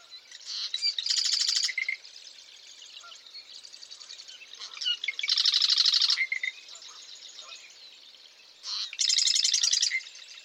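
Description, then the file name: Marsh wren singing rapid, buzzy rattles and gurgling trills, loud bursts roughly every four seconds separated by quieter chattering notes. Eastern male marsh wren recorded in Massachusetts. "Massachusetts 1 Eastern-male-108 Ma Wr-MA"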